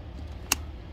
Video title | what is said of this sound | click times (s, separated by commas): Misfire Stall Or No Start? How To Check Your Distributor Cap For Common Problems. | once you push it down you should hear it click into place | 0.5 s